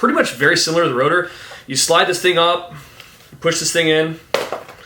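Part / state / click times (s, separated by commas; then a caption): hopper shell halves held by a latch / released / 4.5 s. Someone talks while a part is slid off an HK Army TFX plastic hopper shell and a catch is pushed in, releasing the latch that holds the shell's top and bottom halves. One light click is heard at 4.5 s as the shell comes apart into its two halves.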